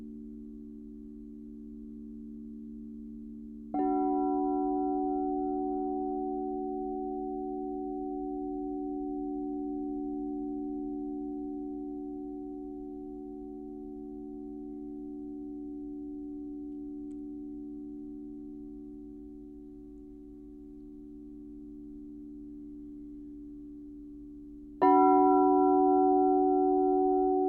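A crystal singing bowl holds a steady, pure tone, with a low hum beneath it. It is struck twice, near 4 seconds and again near 25 seconds, each strike adding a brighter ring that swells the sound before it settles back into a long, slowly wavering sustain.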